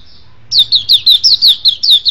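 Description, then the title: Oriental magpie-robin song: after a short quiet start, a quick run of high, down-slurred whistled notes, about five each second, with no other sounds. "Kicau Kacer Durasi Panjang 1jam Lebih"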